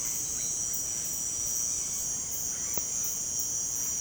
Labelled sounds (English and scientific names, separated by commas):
Russet-backed Oropendola (Psarocolius angustifrons)